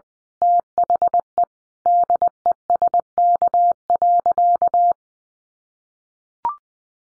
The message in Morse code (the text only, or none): THE DESK.